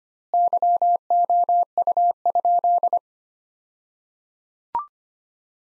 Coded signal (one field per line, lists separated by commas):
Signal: Morse code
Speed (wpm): 25 wpm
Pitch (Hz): 700 Hz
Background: none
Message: YOU?